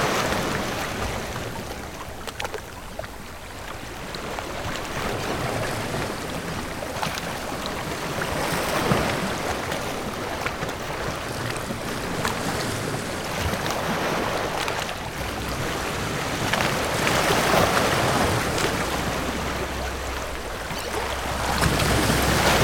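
A sea soundscape built from water sounds: a dense, steady wash of surf and churning water fills the whole 23 seconds. The level swells and eases gently, with brief splashy bursts around 9, 15 and 18 seconds and a low hum underneath.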